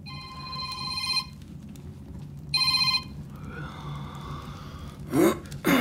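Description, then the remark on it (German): A telephone rings twice, each ring a burst of bright, trilling tones with a short gap between, followed by a soft warbling sound and a quick breathy noise at the end. “Und mein Telefon, entschuldige mal eben.”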